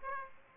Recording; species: mosquito wingbeat signal from an infrared sensor; Aedes aegypti